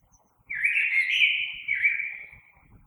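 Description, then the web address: Common blackbird song, a single mellow warbled phrase running steadily for about two seconds before fading, over a quiet low background rumble. Recorded on 3 March 2020. "oiseaux Merle 2020 03 03"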